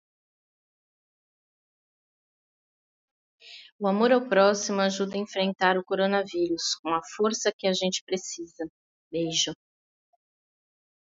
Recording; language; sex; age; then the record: spoken sentence; Brazilian Portuguese; female; 40 to 49 years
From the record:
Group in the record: control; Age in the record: 49 years